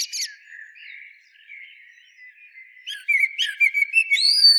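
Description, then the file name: Eurasian blackbird singing: a brief high twitter, a soft low warbling phrase, then a burst of squeaky high twittering notes near the end. "Turdus merula"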